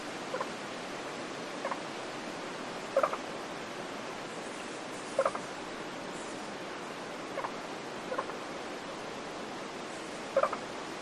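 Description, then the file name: Scarlet-sided pobblebonk produces short clucking knocks at uneven intervals, some fainter than others, against a continuous hiss of wind. Close call recorded in spring in rainforest in Queensland, Australia, with wind in the tree canopy above. "nature rainforest ambience wind tree canopy above birds frogs scarlet sided pobblebonk call close spring qld australia"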